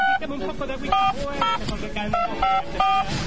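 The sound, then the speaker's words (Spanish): A series of about six short, steady two-tone beeps from a telephone keypad being dialed, spaced unevenly, over a busy, murmuring background. “¿Para qué lo llamo por teléfono?”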